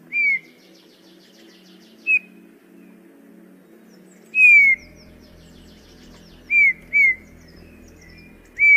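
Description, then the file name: Eurasian bullfinch repeating soft descending whistles a few seconds apart, sometimes paired, over a continuous low mechanical hum. "Canto do dom fafe"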